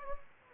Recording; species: mosquito wingbeat signal from an infrared sensor; Anopheles gambiae